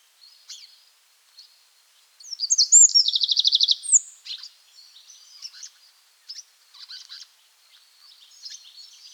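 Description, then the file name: Eurasian wren song: a high, explosive phrase with a rapid trill, followed by softer, scattered high chirps and twitters. "Troglodytes troglodytes"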